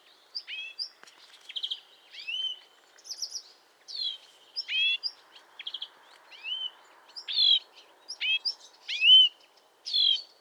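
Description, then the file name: European greenfinch calls: steady chatter of rising chirps and brief rattling trills, about one call each second. "Chloris chloris"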